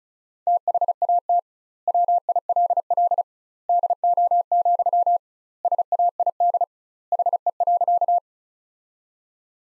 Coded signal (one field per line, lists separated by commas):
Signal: Morse code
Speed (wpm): 34 wpm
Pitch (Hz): 700 Hz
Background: none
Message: THAT WILL DO, SAID HE.